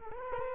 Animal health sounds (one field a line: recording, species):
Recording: mosquito wingbeat signal from an infrared sensor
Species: Culex quinquefasciatus